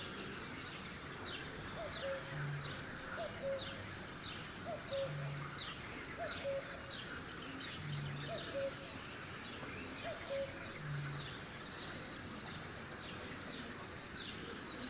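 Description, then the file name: Cuckoo repeating soft two-note falling calls several times, with a busy chorus of other birds. "minutes of cuckoos"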